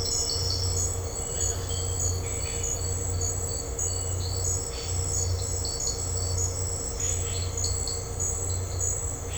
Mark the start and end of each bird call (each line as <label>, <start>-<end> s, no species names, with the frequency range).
bird call (1.6-4.2 kHz), 2.17-2.64 s
bird call (1.0-4.0 kHz), 4.69-4.93 s
bird call (0.8-4.2 kHz), 6.92-7.58 s